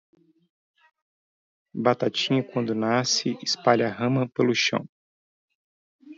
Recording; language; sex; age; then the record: short text; Brazilian Portuguese; male; 40 to 49 years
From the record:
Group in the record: control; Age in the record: 41 years